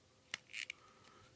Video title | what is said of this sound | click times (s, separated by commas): Transformers Generations Rhinox Review | kind of right here you're just going to kind of push it in a little bit more and it'll kind of click in place | 0.3 s, 0.7 s